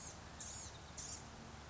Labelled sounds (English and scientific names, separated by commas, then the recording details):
Blue-gray Gnatcatcher (Polioptila caerulea)
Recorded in Sonoma County, California